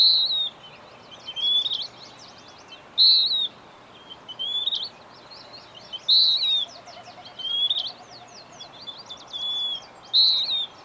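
Bird singing high, clear whistled notes in a steady back-and-forth pattern, a strong phrase then a softer one, repeating throughout above a hissy background with faint twittering.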